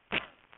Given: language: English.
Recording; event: throat vibration sensor signal played as sound; cough